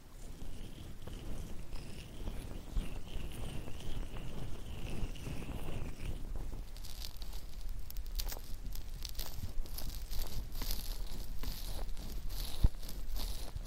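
A metal ear pick scrapes, soft low rubbing at first, then sharp crackly scratching bursts with a faint steady whine.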